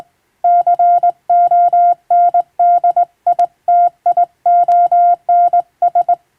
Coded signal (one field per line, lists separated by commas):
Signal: Morse code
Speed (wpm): 21 wpm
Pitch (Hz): 700 Hz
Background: none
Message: CONDITIONS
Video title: 昔懐かしい！人が縦振り電鍵で打つモールス無線電報。無線通信士という職業がありました。船と陸とをつなぐ唯一の重要な仕事でした。今でも遠洋漁業無線で使われています。morse code practice